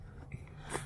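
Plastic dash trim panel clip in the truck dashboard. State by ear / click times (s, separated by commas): released / 0.3 s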